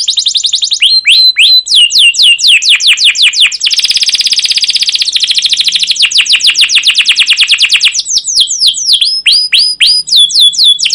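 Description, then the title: Canary pouring out rapid trills, a sustained buzzy roll in the middle, then crisp downslurred whistle phrases repeated quickly. Canary song used as a lure and master recording for teaching young canaries; long, continuous 'cuit cuit' chirping, described as emotional. "CUIT CUIT NGEROL LANGSUNG GACOR PANJANG Kenari Ini AMPUH Utk Pancingan KENAR"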